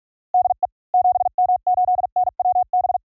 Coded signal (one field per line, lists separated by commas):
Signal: Morse code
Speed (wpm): 46 wpm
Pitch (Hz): 730 Hz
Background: none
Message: DE 7M8NWB